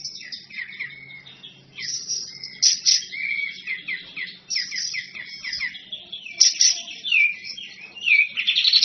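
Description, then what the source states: Bird song of varied high chirps and whistled phrases, with quick descending note series and brief louder bursts throughout. Masteran compilation of bird song, described as the most complete.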